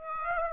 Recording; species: mosquito wingbeat signal from an infrared sensor; Aedes aegypti